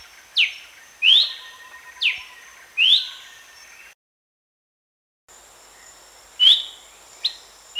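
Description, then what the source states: Horsfield's babbler gives four ringing whistled notes, alternately falling and rising. A brief silence follows, then three more notes against a steady high whine. Recorded at Danum on 1 January 2008.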